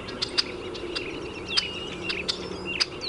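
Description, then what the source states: Red-winged Blackbird check calls, short sharp clicky notes given irregularly, with thin whistled sweeps between them over a steady background hiss. Given by both males and females, often between other calls, on breeding territory and in flocks; thought to be a contact call advertising presence to flock or territory members.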